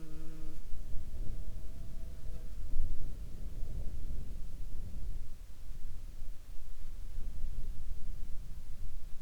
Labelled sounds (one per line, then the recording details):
wind
insects
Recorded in the Arctic National Wildlife Refuge, Alaska, on 17 July 2021 at 10:48
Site 40